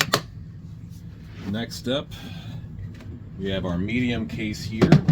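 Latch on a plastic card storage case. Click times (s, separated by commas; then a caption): 0.0 s, 0.1 s. The latch on a plastic card storage case is snapped closed, giving two sharp clicks at 0.0 and 0.1 seconds. The latch clicks shut and is seated, and then someone talks.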